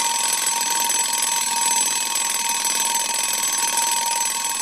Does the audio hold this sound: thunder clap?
no